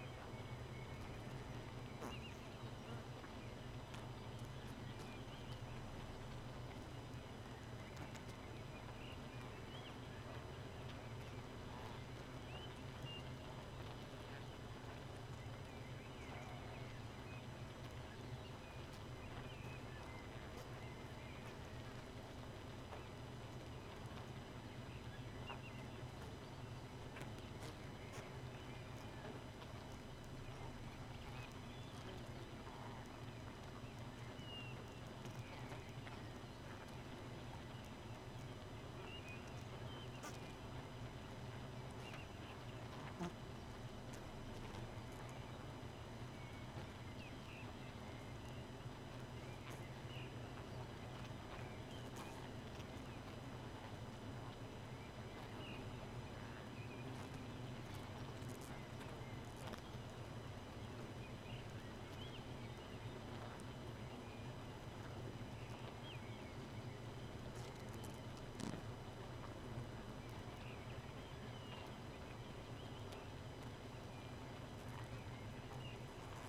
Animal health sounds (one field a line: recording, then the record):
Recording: honeybee colony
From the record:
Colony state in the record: missing queen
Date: 31 May 2018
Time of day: 2:58